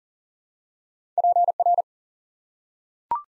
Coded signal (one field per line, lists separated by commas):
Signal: Morse code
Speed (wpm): 38 wpm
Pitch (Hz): 700 Hz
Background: none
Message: PR